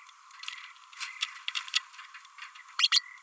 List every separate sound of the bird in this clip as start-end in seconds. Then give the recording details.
2.79-2.89. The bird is a female. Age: 30 days. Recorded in a nest box in Venezuela. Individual 17B32A5